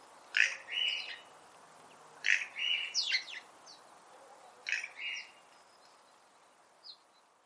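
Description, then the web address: Bird calling in short clusters of sharp, high chirps with quick notes, repeated three times a couple of seconds apart, then one faint final note. "Deverinetal 2025 File origin Bird Only"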